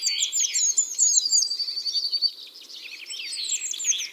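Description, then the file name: Eurasian blue tit calls: dense, busy high twittering notes, continuing throughout. "Cyanistes caeruleus"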